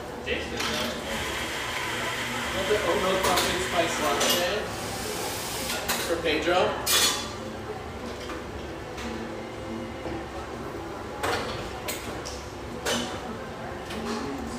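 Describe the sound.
Café ambience with a steady murmur of voices and a constant low rumble throughout. Sharp clinks of dishes and cutlery cut in often, clustered around the first seven seconds and again near eleven to thirteen seconds, over the ongoing chatter.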